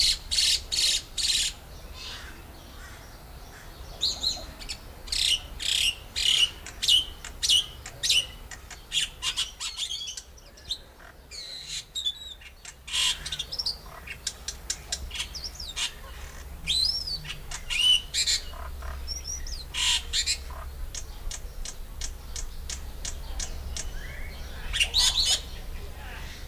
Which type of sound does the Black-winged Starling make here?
song